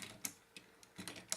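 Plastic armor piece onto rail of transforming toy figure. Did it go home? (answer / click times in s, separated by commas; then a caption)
no / none. A plastic armor piece is handled against the rail of a Transformers Generations Siege Leader Class Ultra Magnus transforming robot toy figure. Brief, sharp plastic taps and clatters sound near 0.3, 0.6, 1.1 and 1.3 seconds over a quiet background. Nothing has seated or clicked yet; the piece is not yet pushed home.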